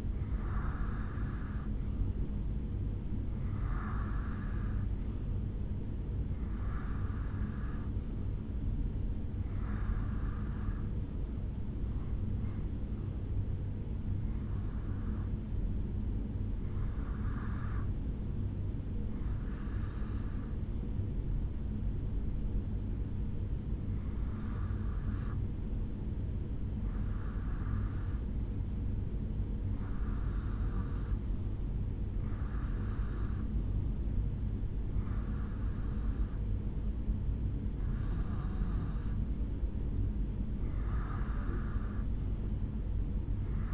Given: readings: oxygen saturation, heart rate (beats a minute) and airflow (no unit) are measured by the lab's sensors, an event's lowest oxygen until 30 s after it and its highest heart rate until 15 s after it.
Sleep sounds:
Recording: breathing in sleep by a smartphone at the bedside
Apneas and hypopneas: none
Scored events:
none scored
From the record:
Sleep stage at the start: REM sleep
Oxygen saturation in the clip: 87 to 88%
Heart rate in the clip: 69 to 74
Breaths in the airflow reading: 15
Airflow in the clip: -2.4 to 1.8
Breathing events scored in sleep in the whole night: 449 in 7.0 hours asleep

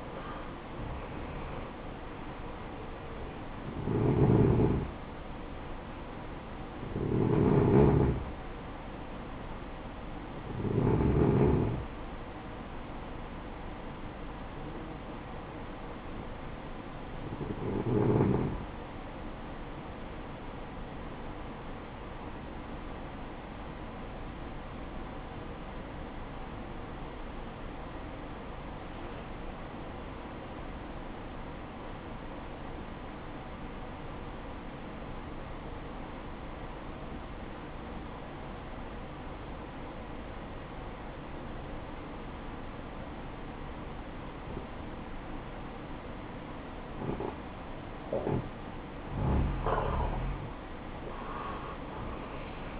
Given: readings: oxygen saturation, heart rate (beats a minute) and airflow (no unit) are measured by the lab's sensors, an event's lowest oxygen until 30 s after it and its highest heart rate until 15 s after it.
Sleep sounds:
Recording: breathing in sleep by a voice recorder at the bedside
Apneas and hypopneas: 1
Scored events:
6.00-52.80 s: new sleep stage, N1 (lightest sleep)
26.00-45.50 s: obstructive apnea (N1, oxygen 95% highest, then 88% lowest, heart rate 57 at the start, 70 highest)
From the record:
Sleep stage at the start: N2 (light sleep)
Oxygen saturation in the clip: 89 to 95%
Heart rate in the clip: 55 to 68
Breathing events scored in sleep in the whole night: 573 in 9.8 hours asleep

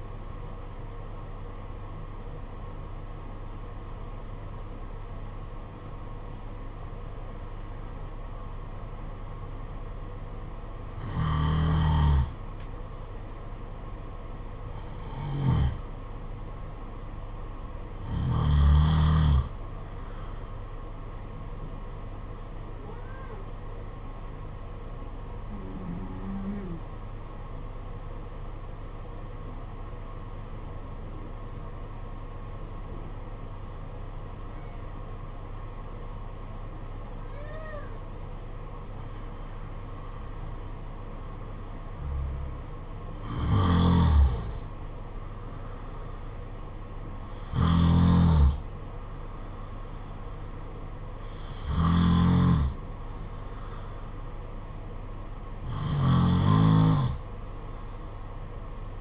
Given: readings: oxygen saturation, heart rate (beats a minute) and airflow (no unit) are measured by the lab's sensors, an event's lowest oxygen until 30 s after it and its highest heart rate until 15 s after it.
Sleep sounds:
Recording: breathing in sleep by a smartphone at the bedside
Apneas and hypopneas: 1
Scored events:
3.00-38.90 s: hypopnea (N1, oxygen 95% highest, then 89% lowest, heart rate 53 at the start, 56 highest)
From the record:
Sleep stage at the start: N1 (lightest sleep)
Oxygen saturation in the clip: 89 to 95%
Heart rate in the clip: 51 to 56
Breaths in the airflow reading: 12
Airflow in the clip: -6.8 to 7.1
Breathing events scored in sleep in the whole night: 476 in 9.7 hours asleep

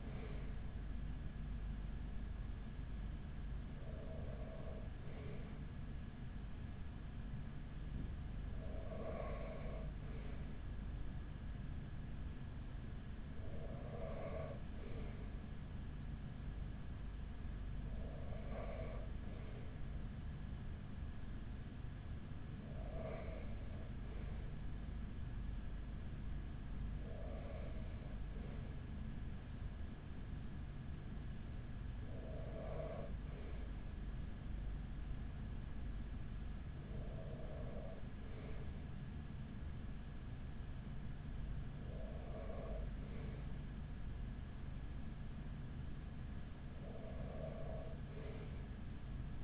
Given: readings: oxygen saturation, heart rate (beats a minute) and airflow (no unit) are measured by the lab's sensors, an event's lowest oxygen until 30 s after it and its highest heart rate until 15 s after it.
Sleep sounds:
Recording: breathing in sleep by a smartphone at the bedside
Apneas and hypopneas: none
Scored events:
none scored
From the record:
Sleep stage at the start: N2 (light sleep)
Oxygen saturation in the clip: 95 to 96%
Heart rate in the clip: 40 to 43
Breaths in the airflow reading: 11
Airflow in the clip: -7.8 to 5.2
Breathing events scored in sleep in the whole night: 207 in 7.6 hours asleep

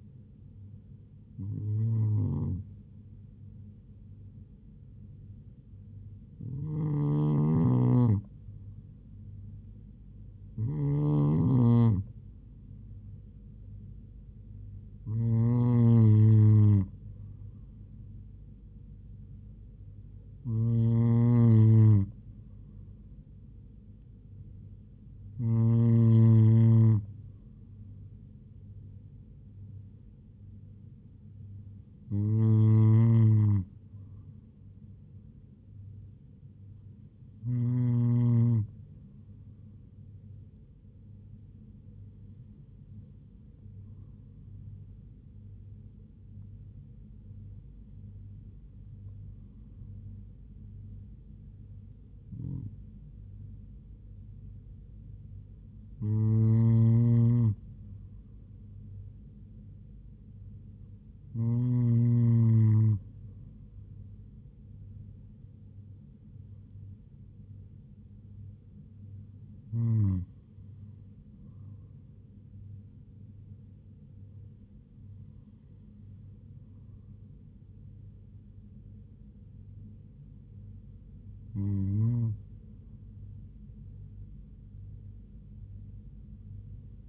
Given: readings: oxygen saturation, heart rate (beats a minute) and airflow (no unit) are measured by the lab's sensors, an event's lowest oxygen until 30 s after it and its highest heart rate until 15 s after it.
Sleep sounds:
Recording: breathing in sleep by a smartphone at the bedside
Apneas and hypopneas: none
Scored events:
none scored
From the record:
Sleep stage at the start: N2 (light sleep)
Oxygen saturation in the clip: 96 to 98%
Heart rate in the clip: 68 to 79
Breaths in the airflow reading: 18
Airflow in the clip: -3.3 to 2.9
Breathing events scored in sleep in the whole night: 158 in 7.3 hours asleep

